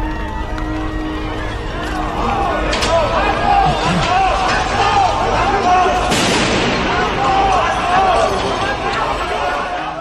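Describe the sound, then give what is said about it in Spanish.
A dense, chaotic crowd of people flees and scrambles in panic towards the metro entrance on the Ramblas, with overlapping shouts and cries, hurried footfalls and sharp bangs and thuds under a constant loud roar. “Las cámaras y las radios que estaban allí pudieron captar ese sonido sobrecogedor de la gente huyendo y arrastrándose despavorida hacia la boca de metro de las Ramblas.”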